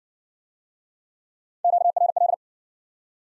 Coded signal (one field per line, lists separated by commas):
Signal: Morse code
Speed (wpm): 53 wpm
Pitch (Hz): 700 Hz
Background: none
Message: QRL